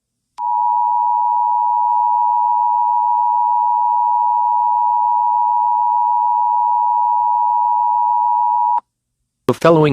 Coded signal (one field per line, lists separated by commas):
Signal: Emergency Alert System (SAME) tones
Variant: 853 and 960 Hz attention tone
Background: speech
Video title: EAS Mock: 9/11 Tribute (New Verison)